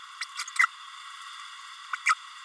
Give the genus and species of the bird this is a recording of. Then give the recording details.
Forpus passerinus. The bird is a male. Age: 31 days. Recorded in a nest box in Venezuela. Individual 17B32A6